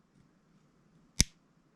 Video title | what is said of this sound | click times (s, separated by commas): Glock 42 Ghost Edge Connector Replacement | hear that click | 1.2 s